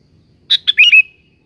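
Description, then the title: Sooty-headed bulbul giving a single quick phrase of three or four bright notes that slides down into a short level whistle. "Kutilang"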